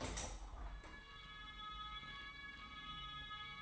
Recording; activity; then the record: daily activity, microphone in the room; open window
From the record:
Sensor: 3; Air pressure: 999.8 hPa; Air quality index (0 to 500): 221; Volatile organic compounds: 85 ppm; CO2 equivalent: 3645 ppm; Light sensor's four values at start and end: 9/22/9/9 and 10/23/9/9